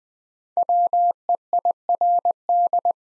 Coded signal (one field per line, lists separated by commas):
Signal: Morse code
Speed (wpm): 20 wpm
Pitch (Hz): 700 Hz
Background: none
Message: WEIRD